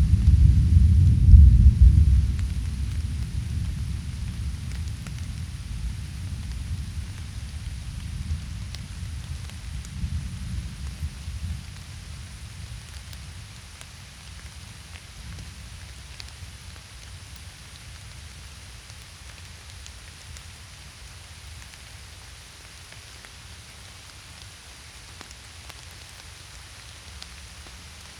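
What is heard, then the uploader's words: A deep roll of thunder rumbles loudly at first and fades away over fifteen seconds, while light rain hisses steadily in the forest. A Summer Storm. A big storm rolled in over Tübingen one summer evening. Recorded in the forest on the hill above our place, just as the first rain hit.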